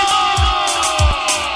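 Women in a crowd at a live music show scream loudly and without pause, a dense, shrill wall of voices held over steady low thumps that land roughly every half second.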